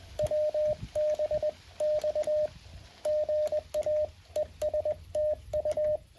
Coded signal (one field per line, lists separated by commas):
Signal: Morse code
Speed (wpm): 20 wpm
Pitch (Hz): 610 Hz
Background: radio noise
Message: WB X GA ES TU